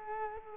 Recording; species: mosquito wingbeat signal from an infrared sensor; Culex quinquefasciatus